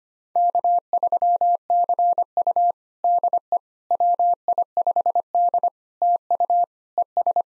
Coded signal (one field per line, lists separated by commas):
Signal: Morse code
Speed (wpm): 25 wpm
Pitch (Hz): 700 Hz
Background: none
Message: K3CU DE WI5D TU ES